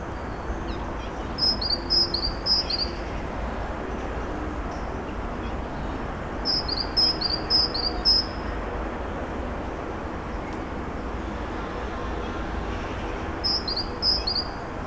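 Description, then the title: Bird song: three well-spaced bursts of short high chirped notes over a steady low rumble. Birds singing at Narbonne, France; recorded with a Zoom H6 and Sennheiser MKE 600 microphone. "Narbonne, France - Birds Sing 03. Birds Narbonne 03"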